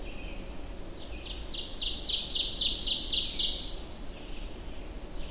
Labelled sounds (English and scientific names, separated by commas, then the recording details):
Ovenbird (Seiurus aurocapilla) song
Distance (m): 20 m
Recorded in boreal forest in Alberta, Canada, on 25 June 2016 at 07:48
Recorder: SongMeter 3, array SBT-6-76
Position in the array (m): 18 m, 110 m
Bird 2